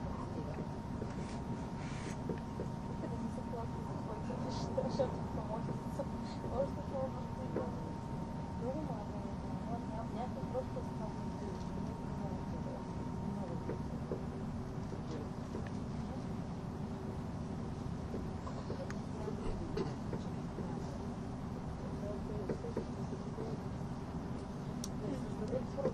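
A steady low rumble and rush from an ETR610 tilting train running the Gotthard Base Tunnel route, dense and unchanging throughout. A thin whine holds through the first half, with faint clicks and brief higher squeaks scattered over the roar.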